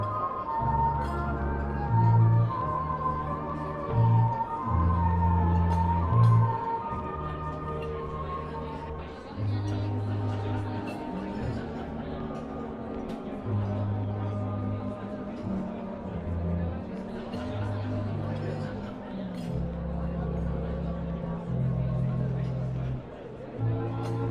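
Old-time music plays in a coffee shop, a steady bass line thumping in regular blocks under a melody and light percussion that runs the whole time. Quiet talking mixes in throughout, with the level staying fairly even for the full stretch.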